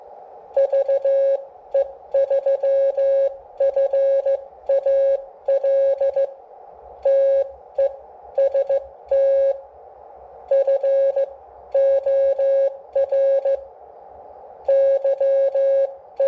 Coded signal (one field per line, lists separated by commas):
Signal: Morse code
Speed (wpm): 15 wpm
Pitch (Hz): 550 Hz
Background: none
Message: VE3FAL TEST FOR YE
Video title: Xiegu G106 CW Transmit Demo